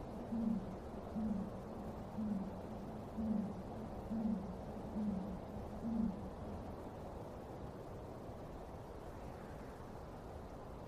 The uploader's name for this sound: Haunted Cemetery Late at Night